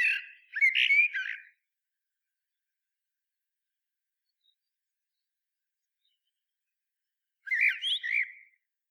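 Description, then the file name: Common blackbird song: fluted, warbling phrasing with thin, scratchy high twitters, then about six seconds of silence before another phrase. "Turdus merula"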